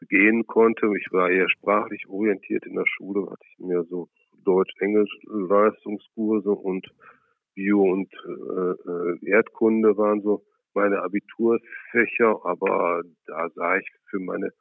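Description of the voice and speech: An adult man speaks German in a low, steady voice. The speech is mostly fluent, but several sounds are stretched, such as a drawn-out 'l' and 'und', and there are hesitant pauses. This is mild everyday stuttering that relies on prolongations rather than hard blocks, in a man who stuttered severely with strong blocks through school and until about age 25.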